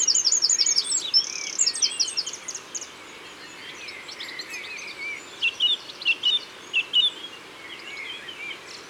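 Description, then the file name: Eurasian wren song opening with a quick, high rattling trill, followed by scattered chirps and a row of evenly spaced loud notes. Recorded in Isère. "Troglodyte-mignon Isere Studio-Les-Trois-Becs"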